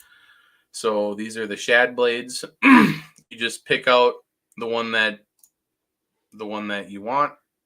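Someone talks while picking out a metal shad blade insert for a blade bait, to be pressed into its slot in a lure-pouring mold. Only a faint brief tick around 5.4 s is heard between the speech. The insert has not seated or clicked into the mold yet.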